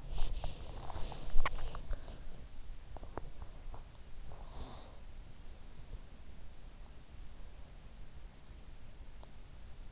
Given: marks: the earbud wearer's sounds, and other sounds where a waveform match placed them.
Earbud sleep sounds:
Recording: sounds in sleep by an in-ear microphone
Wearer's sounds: body movement, swallowing, breath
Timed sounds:
0.00-3.95 s: body movement
1.29-3.39 s: swallowing
4.05-4.90 s: breath

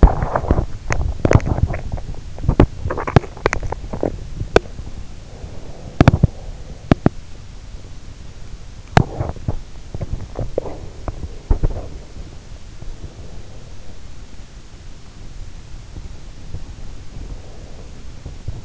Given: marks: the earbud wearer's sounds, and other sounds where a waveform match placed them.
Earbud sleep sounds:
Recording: sounds in sleep by an in-ear microphone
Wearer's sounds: body movement, swallowing, teeth grinding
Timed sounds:
0.00-18.65 s: body movement
1.60-2.14 s: swallowing
2.44-7.21 s: teeth grinding

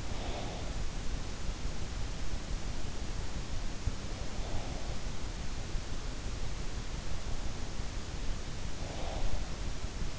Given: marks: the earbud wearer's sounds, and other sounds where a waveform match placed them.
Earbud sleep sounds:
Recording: sounds in sleep by an in-ear microphone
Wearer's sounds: breath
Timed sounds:
0.00-1.59 s: breath
8.52-10.19 s: breath

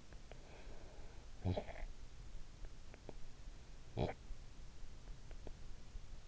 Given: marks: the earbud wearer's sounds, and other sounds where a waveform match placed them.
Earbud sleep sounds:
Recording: sounds in sleep by an in-ear microphone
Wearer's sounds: snoring breath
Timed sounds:
1.10-2.07 s: snoring breath
3.67-4.41 s: snoring breath

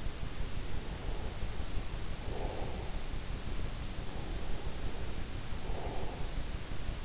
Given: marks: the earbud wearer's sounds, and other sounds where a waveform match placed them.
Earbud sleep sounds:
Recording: sounds in sleep by an in-ear microphone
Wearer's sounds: breath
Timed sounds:
0.59-3.57 s: breath
4.42-7.05 s: breath

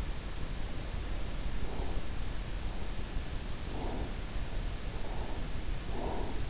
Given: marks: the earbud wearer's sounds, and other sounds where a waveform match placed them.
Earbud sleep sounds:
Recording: sounds in sleep by an in-ear microphone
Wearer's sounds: breath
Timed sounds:
1.62-2.30 s: breath
3.73-4.15 s: breath
5.86-6.50 s: breath

